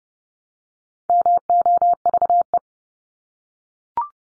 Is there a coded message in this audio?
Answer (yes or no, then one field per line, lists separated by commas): yes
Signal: Morse code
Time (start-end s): 1.1-2.6 s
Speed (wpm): 30 wpm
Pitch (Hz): 700 Hz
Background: none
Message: MOVE